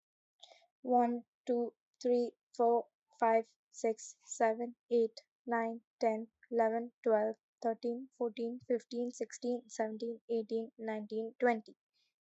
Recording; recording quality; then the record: counting at a normal pace; excellent, no background noise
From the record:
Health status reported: COVID-19 positive, mild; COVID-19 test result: positive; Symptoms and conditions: cold, fever, fatigue, muscle pain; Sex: female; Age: 22 years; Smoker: not ticked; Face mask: not worn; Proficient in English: yes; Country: India